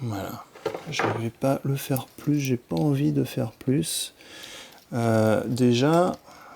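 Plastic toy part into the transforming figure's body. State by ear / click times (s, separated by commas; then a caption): not seated / none. After a joint on a plastic transforming figure has been modified, a plastic toy part is handled to be refitted into the figure's body while someone talks. The clip ends before the part goes home, so nothing has seated or clicked yet.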